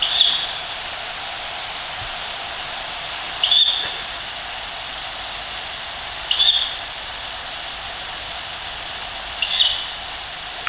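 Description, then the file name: Ural Owl chick with repeated breathy screeching hisses roughly every three seconds, four in all, above a continuous hiss. Chick; recorded 19 December 2005. "フクロウ雛 2005121900 遠藤"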